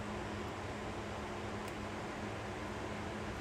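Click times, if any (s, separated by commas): none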